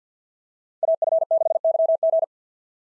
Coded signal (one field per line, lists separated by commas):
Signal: Morse code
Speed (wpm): 48 wpm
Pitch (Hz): 660 Hz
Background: none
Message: AF6YG